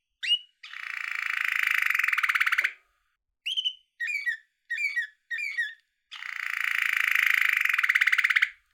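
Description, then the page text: Canary singing a rapid pulsed trill, then a string of short chirps, evenly spaced, before launching into another long rolling trill. Male little yellow canary kept in a bird cage, playing, trilling and chirping. "little yellow canary playing, trilling and chirping in his birdgage."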